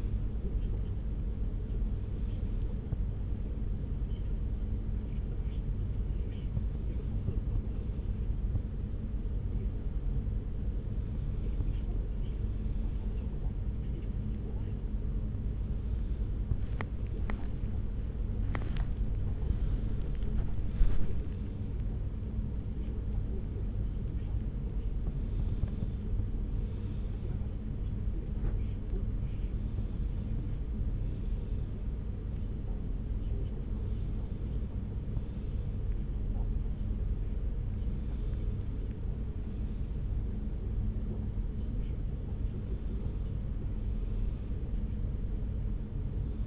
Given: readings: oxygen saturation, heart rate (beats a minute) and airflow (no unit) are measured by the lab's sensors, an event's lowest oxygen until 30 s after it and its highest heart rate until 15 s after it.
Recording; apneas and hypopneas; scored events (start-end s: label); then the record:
a person awake in a sleep study, by a smartphone at the bedside; none
0.00-46.47 s: awake
From the record:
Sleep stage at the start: awake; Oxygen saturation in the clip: 94%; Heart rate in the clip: 69 to 84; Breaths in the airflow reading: 10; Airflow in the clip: -3.3 to 3.4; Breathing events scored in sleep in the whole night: 335 in 6.7 hours asleep